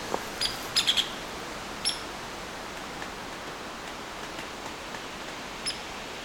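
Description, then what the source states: Hairy Woodpecker calling in a quick cluster of sharp, high notes near the start, then single thin high call notes spaced a few seconds apart over soft hiss. Believed female, still pecking while giving agitated alarm calls warning others such as chickadees of a possible predator nearby.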